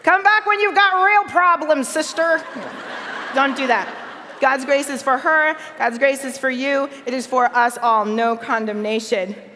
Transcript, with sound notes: Come back when you've got real problems, sister.” (laughter) Don't do that. God’s grace is for her. God’s grace is for you. It is for us all. No condemnation.